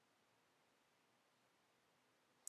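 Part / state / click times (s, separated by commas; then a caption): plastic connector pin into robot kit beam / not seated / none. A plastic 1x1 connector pin is handled over a hole in a plastic 2x12 beam from a VEX IQ robot kit, about to be pushed all the way down. A faint steady hiss fills most of the clip until a brief, bright, sharp scrape-like burst near 2.5 seconds as the handling starts. The clip ends before the pin goes home; nothing has seated or clicked yet.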